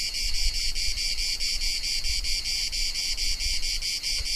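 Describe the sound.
Cicada buzzing, a shrill high drone throbbing in quick regular pulses, over a soft low rumbling background.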